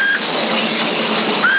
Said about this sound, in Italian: Adesso non voglio fischiare, ma no, fischio